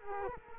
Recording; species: mosquito wingbeat signal from an infrared sensor; Culex quinquefasciatus